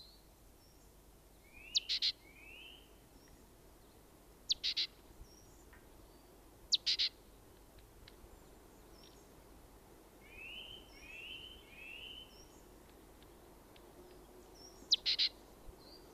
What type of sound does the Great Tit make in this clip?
call